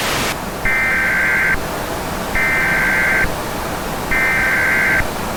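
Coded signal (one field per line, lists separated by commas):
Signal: Emergency Alert System (SAME) tones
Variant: header bursts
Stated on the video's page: Fictional EAS scenario with valid EAS tones, mixed with music.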